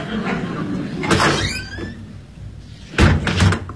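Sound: door opening and closing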